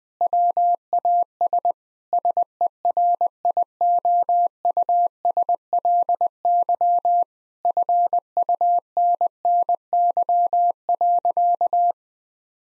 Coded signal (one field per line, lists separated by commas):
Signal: Morse code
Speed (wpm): 21 wpm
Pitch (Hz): 700 Hz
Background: none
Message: WAS SERIOUSLY FUNNY.